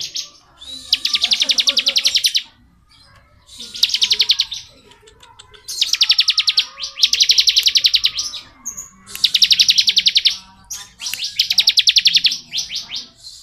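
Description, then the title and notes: Bar-winged prinia singing rapid, rattling trills of high clipped notes in repeated bursts, with brief quiet gaps and faint softer chirps between. Song in the ngebren style, used as tutor audio for training murai batu songbirds. "Ciblek Ngebren Untuk Masteran Murai Batu. Suara burung ciblek - Suara Nada"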